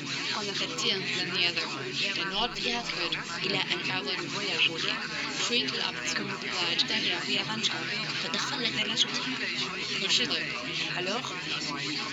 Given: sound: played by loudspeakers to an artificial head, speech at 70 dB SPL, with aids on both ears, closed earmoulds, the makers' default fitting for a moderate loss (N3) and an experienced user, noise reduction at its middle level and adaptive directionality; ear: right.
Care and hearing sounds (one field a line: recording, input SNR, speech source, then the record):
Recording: speech test signal (ISTS) in cocktail-party noise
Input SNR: -6 dB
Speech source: on the right (90 degrees)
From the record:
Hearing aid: class 1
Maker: A